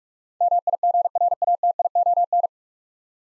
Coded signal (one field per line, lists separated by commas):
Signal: Morse code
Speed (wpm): 46 wpm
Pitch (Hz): 700 Hz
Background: none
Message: MIGRATION